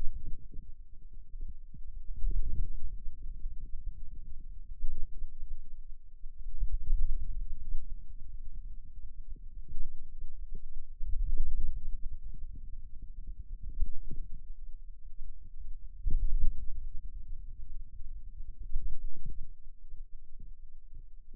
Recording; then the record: forearm muscle sounds (acoustic myography)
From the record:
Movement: ulnar deviation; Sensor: system 2, bracelet of six BSWA MPA416 microphones around the upper forearm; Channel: 5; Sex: male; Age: 22 years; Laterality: right